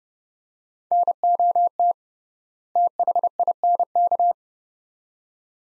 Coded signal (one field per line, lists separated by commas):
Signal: Morse code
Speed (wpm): 31 wpm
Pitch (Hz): 700 Hz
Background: none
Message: NOT THINK